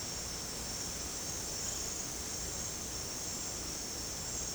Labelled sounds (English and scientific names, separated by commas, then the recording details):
none
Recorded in secondary vegetation near Puerto Asís, Putumayo, Colombia, on 18 December 2024 at 22:30
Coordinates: 0.489, -76.322
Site G059